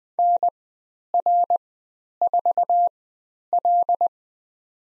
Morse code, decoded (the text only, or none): NR4L